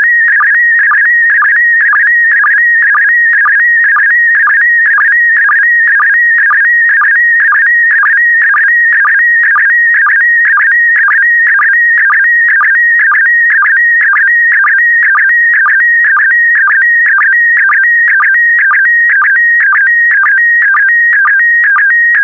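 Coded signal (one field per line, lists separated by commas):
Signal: SSTV (slow-scan television)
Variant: PD120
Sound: steady warbling electronic tone with rhythmic chirping ticks about twice a second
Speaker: complete you can now check your decoded image against the picture that is shown on the video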